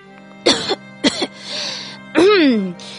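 A man gives two short, harsh coughs in quick succession, followed by a breathy pause and a longer, rasping throat-clearing sound that slides downward in pitch.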